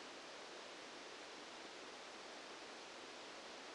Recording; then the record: brain microelectrode recording played as sound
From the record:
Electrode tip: outside the subthalamic nucleus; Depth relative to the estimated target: -10 mm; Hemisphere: left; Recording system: NeuroSet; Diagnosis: Parkinson's disease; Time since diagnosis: 8 years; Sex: male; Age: 65 years